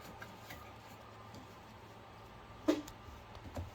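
A push-to-connect fitting is pushed onto a PEX/copper pipe over a low steady hum, with faint ticks near 0.2 s and 2.9 s and a louder knock around 2.7 s. A short click at 3.6 s is the fitting's second click home, and it is seated with the depth mark covered.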